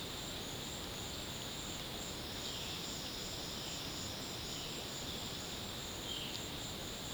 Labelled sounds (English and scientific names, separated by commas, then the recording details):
none
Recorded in secondary vegetation near Puerto Asís, Putumayo, Colombia, on 18 February 2024 at 14:00
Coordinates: 0.472, -76.331
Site G6371